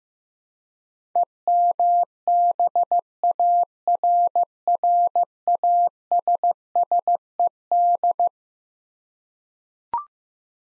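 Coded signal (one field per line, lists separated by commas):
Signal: Morse code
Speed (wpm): 16 wpm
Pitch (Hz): 700 Hz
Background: none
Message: EMBARRASSED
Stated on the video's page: Morse practice drill of eleven-letter words at 15 wpm for head-copy, each word sent twice.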